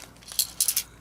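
The metal telescoping extension arm of a 2023 kHelfer KH8 cordless electric spin scrubber (shower scrubber) is adjusted and locked into the scrubber handle, producing a series of sharp, bright metallic clicks over a quiet background. The arm clicks into place at 0.4 s and 0.6 s, followed by a couple of further clicks around 0.7 s and 0.8 s. It ends seated and very secure.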